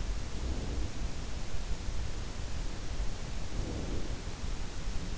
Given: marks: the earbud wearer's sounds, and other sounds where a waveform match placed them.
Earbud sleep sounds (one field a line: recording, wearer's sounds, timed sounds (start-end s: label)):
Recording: sounds in sleep by an in-ear microphone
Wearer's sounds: breath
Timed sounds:
0.26-1.08 s: breath
3.41-4.41 s: breath